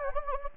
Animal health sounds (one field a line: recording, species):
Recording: mosquito wingbeat signal from an infrared sensor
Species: Anopheles gambiae